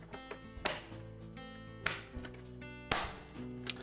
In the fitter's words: I'm going to engage them one at a time until it snaps into place.